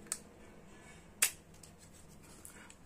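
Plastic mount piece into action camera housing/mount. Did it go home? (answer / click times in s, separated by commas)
yes / 1.2 s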